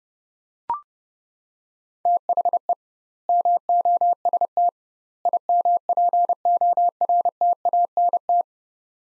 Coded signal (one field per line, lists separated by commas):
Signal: Morse code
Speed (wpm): 32 wpm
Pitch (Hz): 700 Hz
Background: none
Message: THE MOST IMPORTANT